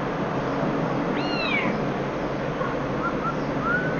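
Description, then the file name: Black-throated laughingthrush calls: a sweeping, slurred whistle, then several short clear whistled notes, over steady background hiss. Call; subspecies chinensis; recorded at Wutong Shan, Shenzhen, on 7 January 2012. "Black Throated Laughingthrush Ssp Chinensis Call. Shenzhen Wu Tong Shan"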